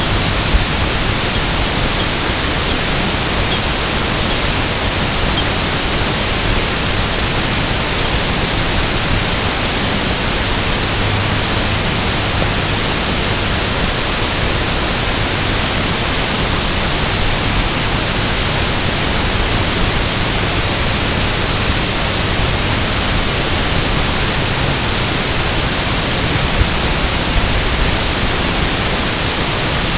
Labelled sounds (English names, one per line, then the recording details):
American Golden-plover
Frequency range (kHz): American Golden-plover 2.4-5.1 kHz
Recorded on Arctic tundra, site IGLO-A, on 16 June 2018
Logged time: 09:59